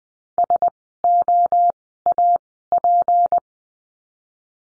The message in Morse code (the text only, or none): SOAP